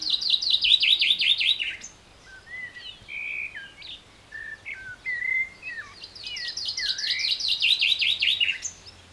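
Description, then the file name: Common chaffinch song: a run of repeated downward-sweeping notes, then a stretch of scattered whistled notes, then another similar run near the end. "Fringilla coelebs"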